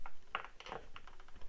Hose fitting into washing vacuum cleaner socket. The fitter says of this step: Musi kliknąć, bo tu jest taki przycisk.